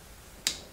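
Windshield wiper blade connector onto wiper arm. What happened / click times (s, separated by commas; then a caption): The plastic tabs snapped into their grooves / 0.5 s. With its top hooked onto the wiper arm of a 2012–2018 Ford Focus, a new windshield wiper blade's connector has its two flexible plastic tabs squeezed until they pop into the grooves. A single sharp, bright click rings out at 0.5 s against a quiet background and quickly fades. The blade is seated and locked in place.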